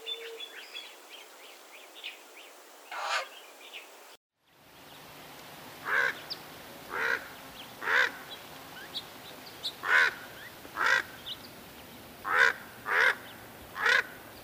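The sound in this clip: Raven calls: a few scattered sounds, a break, then a steady series of short clipped caws over a hissing background.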